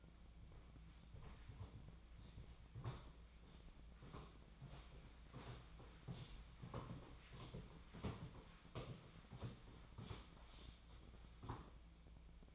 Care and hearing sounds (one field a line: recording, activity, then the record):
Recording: daily activity, microphone in the room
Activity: walk to room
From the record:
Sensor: 1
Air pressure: 1010.1 hPa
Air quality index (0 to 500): 183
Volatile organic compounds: 15 ppm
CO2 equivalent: 2511 ppm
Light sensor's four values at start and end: 38/98/41/50 and 37/94/39/48